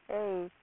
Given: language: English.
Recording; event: throat vibration sensor signal played as sound; speech